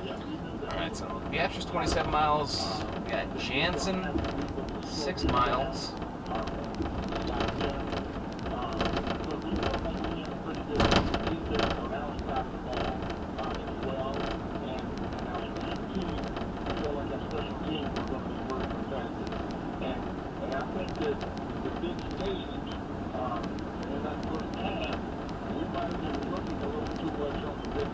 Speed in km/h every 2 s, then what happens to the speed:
56, 61, 66, 71, 72, 74, 76, 77, 79, 81, 82, 82, 82, 82.
0-28 speeds up to 82.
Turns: none.